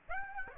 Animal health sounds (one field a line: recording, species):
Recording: mosquito wingbeat signal from an infrared sensor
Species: Aedes aegypti